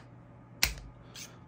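A torque wrench tightens the next optic mount screw in an X pattern and gives one sharp click at 0.6 s, reaching its 12 in-lbs setting. A faint softer sound follows shortly after, and a brief hiss comes near 1.2 s against a quiet low hum.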